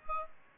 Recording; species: mosquito wingbeat signal from an infrared sensor; Aedes aegypti